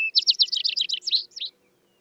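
Vesper sparrow song fragment: a brief whistle leading into a quick series of sweeping, trilled notes lasting about a second and a half.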